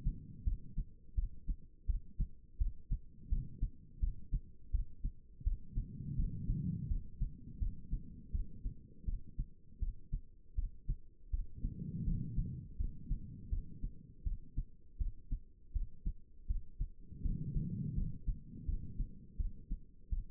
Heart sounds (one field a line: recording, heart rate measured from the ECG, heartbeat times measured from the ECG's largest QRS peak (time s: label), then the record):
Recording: heart sounds by stethoscope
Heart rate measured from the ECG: 82 bpm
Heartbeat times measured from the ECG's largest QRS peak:
0.44 s: heartbeat
1.15 s: heartbeat
1.87 s: heartbeat
2.58 s: heartbeat
3.29 s: heartbeat
4.00 s: heartbeat
4.71 s: heartbeat
5.44 s: heartbeat
6.16 s: heartbeat
6.88 s: heartbeat
7.59 s: heartbeat
8.32 s: heartbeat
9.05 s: heartbeat
9.80 s: heartbeat
10.55 s: heartbeat
11.31 s: heartbeat
12.05 s: heartbeat
12.77 s: heartbeat
13.50 s: heartbeat
14.24 s: heartbeat
14.98 s: heartbeat
15.73 s: heartbeat
16.47 s: heartbeat
17.22 s: heartbeat
17.95 s: heartbeat
18.66 s: heartbeat
19.37 s: heartbeat
20.10 s: heartbeat
From the record:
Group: healthy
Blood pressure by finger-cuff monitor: 105/71 mmHg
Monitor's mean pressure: 85 mmHg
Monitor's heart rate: 83 bpm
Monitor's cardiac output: 5 L/min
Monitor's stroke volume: 61 mL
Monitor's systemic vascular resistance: 1250 dyn s/cm5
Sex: female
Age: 51 years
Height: 162 cm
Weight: 70.04 kg